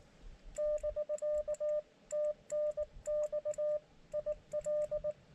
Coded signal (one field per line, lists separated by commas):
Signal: Morse code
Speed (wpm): 19 wpm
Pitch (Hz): 1200 Hz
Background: none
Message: <BK> TNX IL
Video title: Elecraft KX2 POTA on 17m - migraines and hiking don’t mix